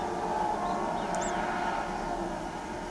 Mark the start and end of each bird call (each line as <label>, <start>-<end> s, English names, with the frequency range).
Great Kiskadee (4.8-16.0 kHz), 1.21-1.31 s